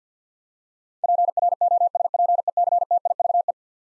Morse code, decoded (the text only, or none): PROSPECTIVE